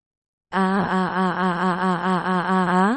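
A young girl being chased by a neighbour's dog gives a loud, sustained scream that starts abruptly and holds for about two and a half seconds, its pitch wavering in a steady quaver before rising slightly at the end.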